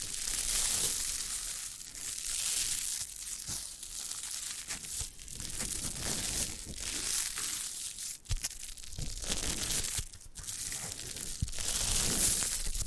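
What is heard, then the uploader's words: Steady crinkling and soft crushing of foam being squeezed and rubbed, bright and dense, with brief pops near 8 and 10 seconds. ASMR Brain Melting Foam Massage for Sleep (No Talking).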